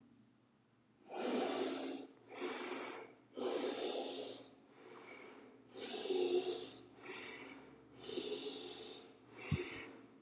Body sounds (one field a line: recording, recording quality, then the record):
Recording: deep breathing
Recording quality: excellent, no background noise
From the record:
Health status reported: healthy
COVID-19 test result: negative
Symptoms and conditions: cough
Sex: male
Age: 34 years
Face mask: not worn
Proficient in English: yes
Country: India